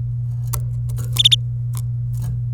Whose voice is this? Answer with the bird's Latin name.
Serinus canaria